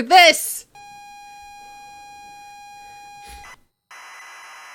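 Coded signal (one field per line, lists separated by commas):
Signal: ZX Spectrum tape loading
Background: speech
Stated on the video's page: Sound from the game Stories Untold.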